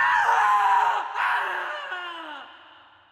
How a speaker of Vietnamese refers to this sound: Anh chỉ kịp hét lên một tiếng thảm thiết làm rung động cả cái bãi bồi trước khi bị hai con ma da lôi tuột xuống dưới dòng nước sông đen đặc.